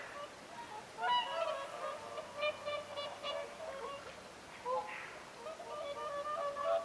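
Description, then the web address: Whooper swans giving softer overlapping honks, a loose, continuous chorus of nasal trumpeting notes. Several whooper swans calling at Lintulahti on 6 November 2025. "paivat 6 11 2025 laulujoutsenten aantelya lintulahdella"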